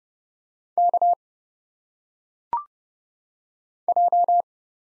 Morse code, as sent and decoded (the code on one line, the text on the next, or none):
-.- / .---
K J